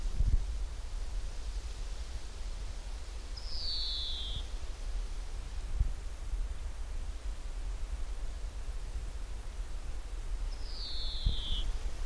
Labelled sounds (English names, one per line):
European Greenfinch call